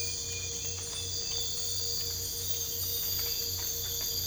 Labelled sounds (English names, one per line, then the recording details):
none
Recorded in dense forest near Puerto Asís, Putumayo, Colombia, on 22 December 2024 at 03:00
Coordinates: 0.484, -76.325
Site G056